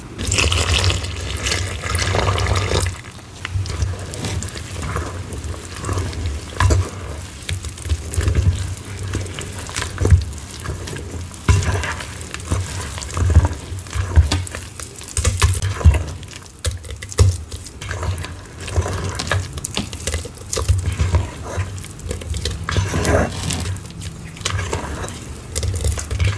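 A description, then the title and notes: Soft chalk is worked by hand into a wet red paste, a dense run of squelching, crackling and crumbling with many sharp little clicks and pops. The texture is steady and busy throughout, and a low hum sits underneath. Soft Chalk Crushed into Intense Red Holi Paste. Oddly Satisfying Hand Mixing Paste. Crushing soft chalk into intense red Holi powder paste. Soft chalk crumbling sounds, paste mixing sounds, reforming.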